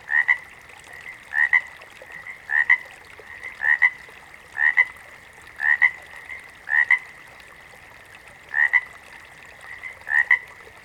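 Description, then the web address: Water frog repeating short double croaks about once a second, with a longer pause near the end. Chorus of water frogs. "The Natural Sounds of the Wilderness. Echoes of Nature - Frog Chorus. Water Frogs"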